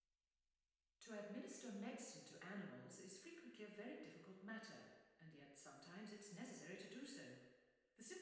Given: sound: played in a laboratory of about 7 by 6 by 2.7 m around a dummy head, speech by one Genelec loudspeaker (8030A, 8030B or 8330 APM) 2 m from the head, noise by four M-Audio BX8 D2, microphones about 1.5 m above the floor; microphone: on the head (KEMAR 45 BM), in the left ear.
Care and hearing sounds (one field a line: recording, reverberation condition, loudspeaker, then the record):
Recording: female speech in English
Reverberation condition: high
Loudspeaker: 150 degrees to the left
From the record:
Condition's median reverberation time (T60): about 1300 ms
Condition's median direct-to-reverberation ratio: about -4.0 dB